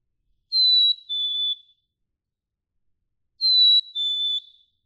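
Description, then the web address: Black-capped chickadee gives two slow, sweet whistled fee-bee songs, the first note held and the second pitched a little lower. "birdsongforthecurious songs Black-capped Chickadee"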